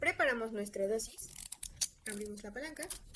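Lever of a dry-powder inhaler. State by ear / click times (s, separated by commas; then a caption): not seated / none. Someone talks while handling the lever of a dry-powder inhaler, which is being opened during a continuous demonstration, with a few brief mechanical rattles between the words. Nothing has seated or clicked yet.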